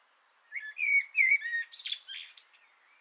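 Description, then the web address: Common blackbird singing one phrase of mellow, fluted whistles that breaks into a thin, high twittering flourish. Sung from an antenna, 6 June 2025. "sammel Naturinspelningar Koltrast på antennen 2025 06 06"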